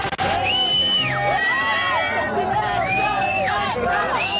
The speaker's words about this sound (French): Ce ne sont pas des cris d'émeute, ce sont des cris d'extase. Pour ces quelques centaines de fans, le jour de gloire est arrivé, la gloire de leurs idoles,